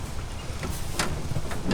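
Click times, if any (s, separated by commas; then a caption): none. A folding, truck-mounted holder on the side of a pickup truck is handled and pushed up toward the side over a low, steady rumble with wind-like noise. A brief broadband knock sounds at about 1.0 s and a longer bump near 1.7 s. The mount has not latched or clicked into place yet.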